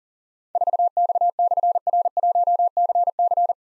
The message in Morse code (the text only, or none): 4X/R1CC